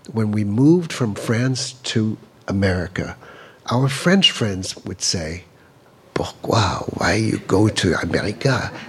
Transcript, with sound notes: When we moved from France to America, our French friends would say, (impersonating French accent) pourquoi? Why you go to America?